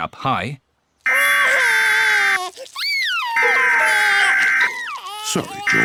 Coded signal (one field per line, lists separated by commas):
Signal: Emergency Alert System (SAME) tones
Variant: header bursts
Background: speech